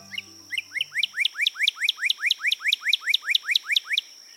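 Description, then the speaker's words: Northern Cardinal singing a fast series of many clear, rising slurred whistles, evenly spaced, over a steady faint high hum. Described as liquid notes heard in the east, proclaiming that spring is near; a non-migratory songbird. "the east, the liquid notes of a cardinal proclaim, "Spring is near.""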